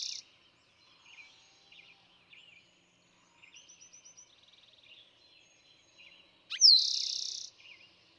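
Eastern towhee song, a trill ending at the start, then faint chirps and a quick series of notes before one full song of opening notes and buzzy trill.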